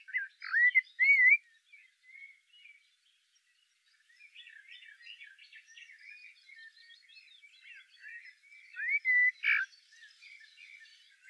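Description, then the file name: Common blackbird song: loud fluted phrases at the opening, then a long stretch of soft, scratchy twittering, and a further whistled burst near nine seconds. "Turdus merula"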